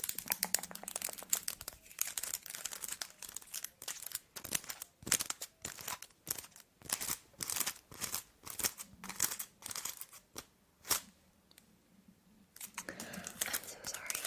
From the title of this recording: ASMR Nail Tapping and Finger Fluttering with EXTREME LONG NAILS